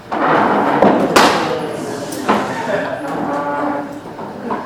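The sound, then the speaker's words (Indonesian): A chair pushed by a lecturer across a hard floor in a biophysics class demonstration of friction scrapes with a loud, groaning, moan-like drag lasting several seconds, broken by a couple of sharp knocks as it shifts. “Di sini ada kursi, ya. Jika saya dorong seperti ini, maka tidak semua free energy yang saya habiskan itu menjadi mechanical work karena ada gesekan di bawah kan.”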